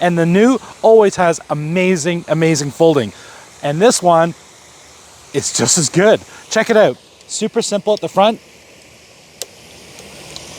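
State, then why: Seated. Someone talks about the folding on a NIU KQi100P electric scooter while the stem is folded down at the front. The folding stem latch on the scooter frame then engages with a sharp click at 9.4 s and a softer one at 10.4 s, and the stem is seated in place.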